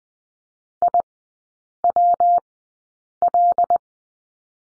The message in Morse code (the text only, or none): IWL